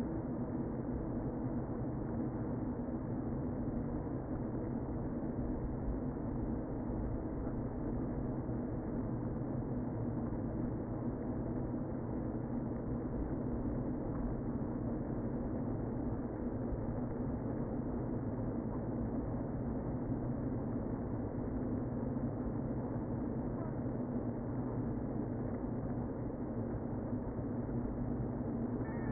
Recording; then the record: honeybee colony, microphone inside the hive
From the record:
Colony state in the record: queen present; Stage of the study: before two queens were removed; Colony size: about 60,000 bees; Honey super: yes